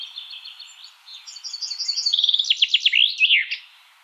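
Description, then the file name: Common chaffinch song: a series of notes dropping in pitch, ending in a short flourish. "Fringilla coelebs"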